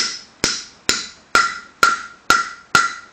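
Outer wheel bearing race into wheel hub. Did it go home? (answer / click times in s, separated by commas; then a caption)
yes / 2.8 s. Six sharp hammer blows drive a steel outer wheel bearing race into the wheel hub of a 1997 Volkswagen Cabrio, landing at about 0.4, 0.9, 1.4, 1.8, 2.3 and 2.8 seconds. From the third blow on, the strikes take on a brighter metallic ring near 1.3 kHz. By the blow at 2.8 seconds the race has bottomed out and is fully seated in the hub.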